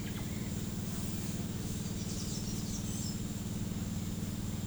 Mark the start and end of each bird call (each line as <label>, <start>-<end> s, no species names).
bird call, 1.56-3.26 s